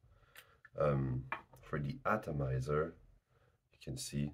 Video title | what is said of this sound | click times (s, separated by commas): Donald Eau de Toilette - Disney cheapie | but it clicks well so it's a it's a good it's a good cap | 0.7 s